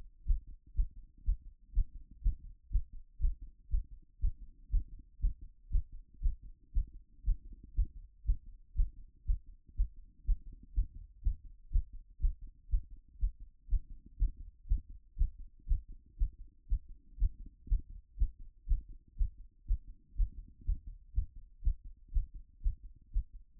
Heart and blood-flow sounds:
heart sounds by stethoscope; 120 bpm
0.23 s: heartbeat
0.72 s: heartbeat
1.21 s: heartbeat
1.71 s: heartbeat
2.20 s: heartbeat
2.68 s: heartbeat
3.17 s: heartbeat
3.67 s: heartbeat
4.17 s: heartbeat
4.68 s: heartbeat
5.18 s: heartbeat
5.68 s: heartbeat
6.19 s: heartbeat
6.70 s: heartbeat
7.21 s: heartbeat
7.72 s: heartbeat
8.23 s: heartbeat
8.73 s: heartbeat
9.23 s: heartbeat
9.73 s: heartbeat
10.22 s: heartbeat
10.72 s: heartbeat
11.20 s: heartbeat
11.69 s: heartbeat
12.17 s: heartbeat
12.67 s: heartbeat
13.16 s: heartbeat
13.66 s: heartbeat
14.15 s: heartbeat
14.65 s: heartbeat
15.14 s: heartbeat
15.64 s: heartbeat
16.15 s: heartbeat
16.65 s: heartbeat
17.15 s: heartbeat
17.65 s: heartbeat
18.15 s: heartbeat
18.64 s: heartbeat
19.14 s: heartbeat
19.64 s: heartbeat
20.13 s: heartbeat
20.62 s: heartbeat
21.11 s: heartbeat
21.60 s: heartbeat
22.10 s: heartbeat
22.59 s: heartbeat
23.09 s: heartbeat
23.59 s: heartbeat
From the record:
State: after exercise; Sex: female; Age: 44 years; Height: 167 cm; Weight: 64 kg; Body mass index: 22.95

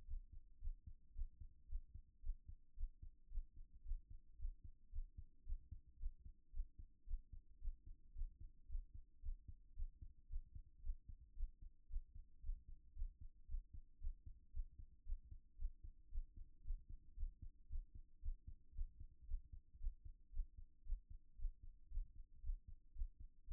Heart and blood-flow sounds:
heart sounds by stethoscope; 113 bpm
0.07 s: heartbeat
0.61 s: heartbeat
1.15 s: heartbeat
1.68 s: heartbeat
2.22 s: heartbeat
2.76 s: heartbeat
3.30 s: heartbeat
3.84 s: heartbeat
4.38 s: heartbeat
4.92 s: heartbeat
5.45 s: heartbeat
5.99 s: heartbeat
6.53 s: heartbeat
7.06 s: heartbeat
7.60 s: heartbeat
8.14 s: heartbeat
8.68 s: heartbeat
9.22 s: heartbeat
9.76 s: heartbeat
10.29 s: heartbeat
10.83 s: heartbeat
11.36 s: heartbeat
11.89 s: heartbeat
12.42 s: heartbeat
12.95 s: heartbeat
13.48 s: heartbeat
14.00 s: heartbeat
14.53 s: heartbeat
15.05 s: heartbeat
15.58 s: heartbeat
16.11 s: heartbeat
16.64 s: heartbeat
17.16 s: heartbeat
17.69 s: heartbeat
18.22 s: heartbeat
18.74 s: heartbeat
19.27 s: heartbeat
19.80 s: heartbeat
20.32 s: heartbeat
20.85 s: heartbeat
21.38 s: heartbeat
21.90 s: heartbeat
22.43 s: heartbeat
22.95 s: heartbeat
23.47 s: heartbeat
From the record:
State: after exercise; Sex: male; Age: 37 years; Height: 170 cm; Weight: 86 kg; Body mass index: 29.76

